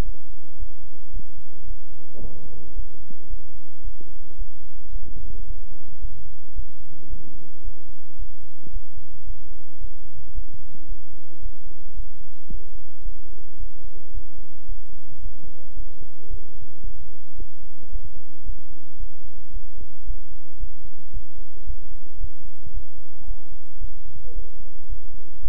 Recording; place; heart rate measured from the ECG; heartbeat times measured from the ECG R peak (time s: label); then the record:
heart sounds by stethoscope; between the tricuspid and mitral areas; 111 bpm
0.03 s: heartbeat
0.57 s: heartbeat
1.11 s: heartbeat
1.65 s: heartbeat
2.20 s: heartbeat
2.74 s: heartbeat
3.28 s: heartbeat
3.82 s: heartbeat
4.36 s: heartbeat
4.90 s: heartbeat
5.45 s: heartbeat
5.99 s: heartbeat
6.54 s: heartbeat
7.08 s: heartbeat
7.62 s: heartbeat
8.17 s: heartbeat
8.71 s: heartbeat
9.25 s: heartbeat
9.79 s: heartbeat
10.32 s: heartbeat
10.86 s: heartbeat
11.40 s: heartbeat
11.94 s: heartbeat
12.48 s: heartbeat
13.03 s: heartbeat
13.57 s: heartbeat
14.12 s: heartbeat
14.66 s: heartbeat
15.20 s: heartbeat
15.74 s: heartbeat
16.28 s: heartbeat
16.82 s: heartbeat
17.36 s: heartbeat
17.90 s: heartbeat
18.44 s: heartbeat
18.98 s: heartbeat
19.51 s: heartbeat
20.05 s: heartbeat
20.58 s: heartbeat
21.11 s: heartbeat
21.65 s: heartbeat
22.18 s: heartbeat
22.72 s: heartbeat
23.25 s: heartbeat
23.79 s: heartbeat
24.33 s: heartbeat
24.87 s: heartbeat
25.40 s: heartbeat
From the record:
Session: bicycle stress test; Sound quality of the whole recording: good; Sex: male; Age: 26 years